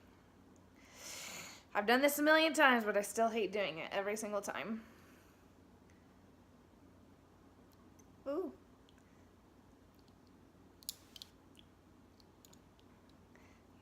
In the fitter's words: the two clicks and